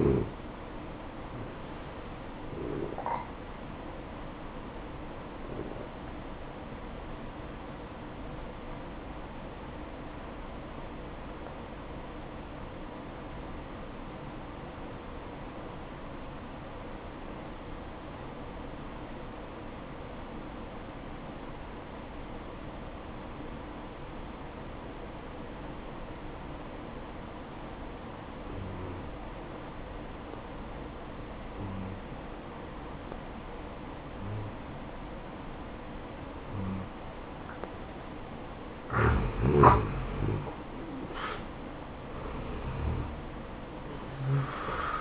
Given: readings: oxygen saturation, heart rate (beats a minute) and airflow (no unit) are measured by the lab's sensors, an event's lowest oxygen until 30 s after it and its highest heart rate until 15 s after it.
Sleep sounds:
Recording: breathing in sleep by a voice recorder at the bedside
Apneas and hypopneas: 1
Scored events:
5.00-40.00 s: obstructive apnea (N2, oxygen 95% highest, then 84% lowest, heart rate 63 at the start, 74 highest)
31.00-45.01 s: new sleep stage, N1 (lightest sleep)
From the record:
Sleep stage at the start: N2 (light sleep)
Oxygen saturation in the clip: 85 to 95%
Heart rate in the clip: 62 to 74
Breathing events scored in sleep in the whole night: 573 in 9.8 hours asleep

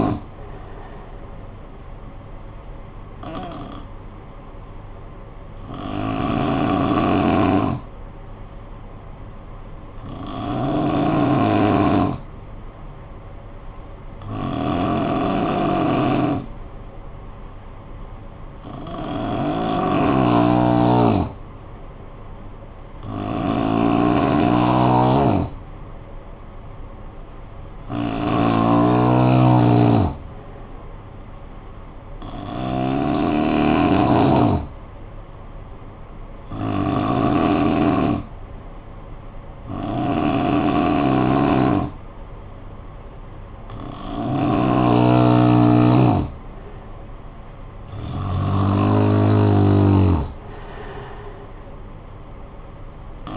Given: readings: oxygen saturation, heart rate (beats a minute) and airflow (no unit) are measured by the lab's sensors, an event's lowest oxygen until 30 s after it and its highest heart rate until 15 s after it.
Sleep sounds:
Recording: breathing in sleep by a smartphone at the bedside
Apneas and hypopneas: 1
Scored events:
6.00-22.20 s: hypopnea (N2, oxygen 93% highest, then 88% lowest, heart rate 49 at the start, 59 highest)
24.00-53.36 s: new sleep stage, N3 (deep sleep)
From the record:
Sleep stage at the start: N2 (light sleep)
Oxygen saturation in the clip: 88 to 93%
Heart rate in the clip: 49 to 59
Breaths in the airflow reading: 13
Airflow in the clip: -12.7 to 5.5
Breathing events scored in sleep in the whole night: 445 in 7.6 hours asleep

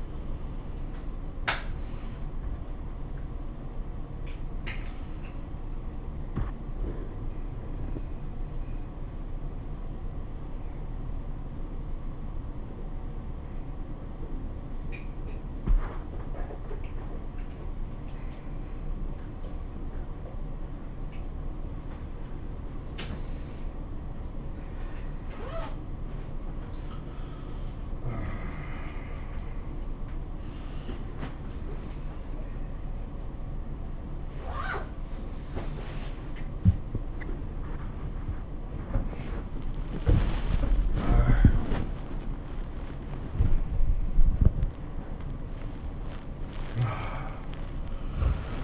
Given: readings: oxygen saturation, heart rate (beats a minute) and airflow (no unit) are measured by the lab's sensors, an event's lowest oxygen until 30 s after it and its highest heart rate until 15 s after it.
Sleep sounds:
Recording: a person awake in a sleep study, by a smartphone at the bedside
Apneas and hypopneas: none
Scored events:
0.00-48.64 s: awake
From the record:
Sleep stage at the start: awake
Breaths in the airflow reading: 18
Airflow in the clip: -0.6 to 0.8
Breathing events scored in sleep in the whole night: 403 in 5.5 hours asleep

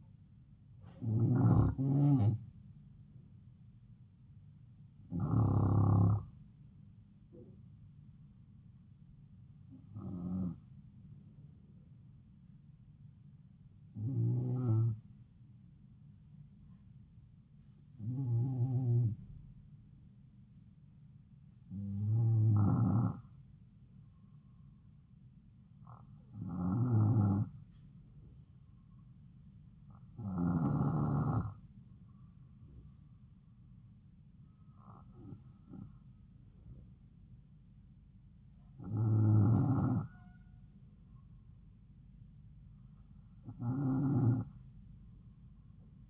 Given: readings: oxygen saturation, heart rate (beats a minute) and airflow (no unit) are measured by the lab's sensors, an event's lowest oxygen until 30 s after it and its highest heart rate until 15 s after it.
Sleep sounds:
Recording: breathing in sleep by a smartphone at the bedside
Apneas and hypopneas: none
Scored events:
none scored
From the record:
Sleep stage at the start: N2 (light sleep)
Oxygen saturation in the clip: 91 to 94%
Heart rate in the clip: 72 to 76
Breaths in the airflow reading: 11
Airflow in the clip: -4.7 to 4.6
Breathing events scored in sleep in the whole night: 270 in 6.1 hours asleep

